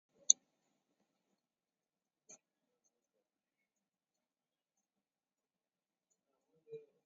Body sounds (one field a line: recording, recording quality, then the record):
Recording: shallow breathing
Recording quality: poor, much background noise or distortion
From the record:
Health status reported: COVID-19 positive, moderate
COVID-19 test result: positive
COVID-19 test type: RT-PCR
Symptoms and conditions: cough, diarrhoea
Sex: male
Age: 24 years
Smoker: no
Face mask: not worn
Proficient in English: yes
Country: India